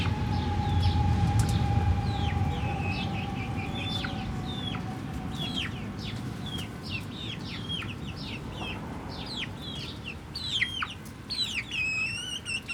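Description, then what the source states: Chicken chicks cheep in quick overlapping runs of sharp falling notes over a low hum, with a faint steady tone in the first half. Hens and chicks in a henhouse in the Atelier 34zero museum garden, Jette, Brussels, Belgium; recorded with DPA 4060 microphones in AB position into a Zoom F3.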